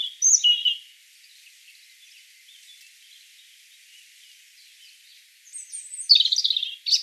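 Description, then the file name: European robin song phrases: high, thin warbling notes at the start, then a pause, then a burst of sharp, twittering notes near the end. "Erithacus rubecula 240702"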